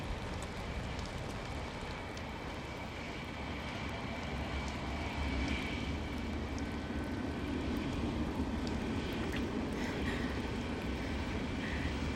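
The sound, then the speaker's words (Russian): Steady airport ambience dominated by a continuous low rumble and roar of aircraft engines, holding a constant level throughout, with a faint high whine and hiss on top and no voices. “Аэропорт. Ирвин под зонтом рассматривает, как дальше перед ним целуются Рич и Эдит.”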